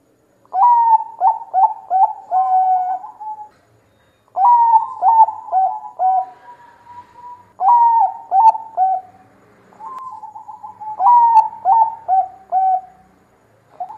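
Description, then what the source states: Zebra dove song, soft rolling cooing phrases of quick repeated notes, each phrase a few seconds long, with short pauses between. Zebra dove singing actively (gacor), used as a lure to attract the species.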